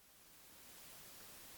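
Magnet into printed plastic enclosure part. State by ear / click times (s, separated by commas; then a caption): not seated / none. A small magnet is being pushed with a screwdriver into its pocket in a 3D-printed PrusaBox enclosure part, where it should click once fully in. Only a steady, broadband hiss-like noise is heard, rising slightly in level, with no distinct sharp sounds. The magnet has not seated or clicked yet.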